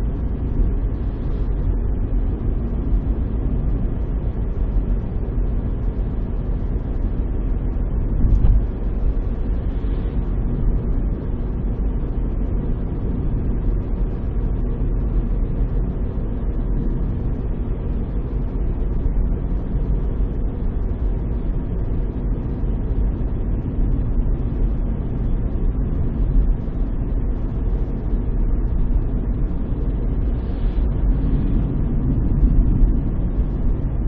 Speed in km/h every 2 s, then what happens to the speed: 44, 45, 45, 46, 46, 46, 46, 46, 46, 46, 46, 45, 45, 45, 46, 45, 46.
0-34 steady at about 46.